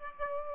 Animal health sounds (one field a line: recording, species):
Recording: mosquito wingbeat signal from an infrared sensor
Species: Aedes aegypti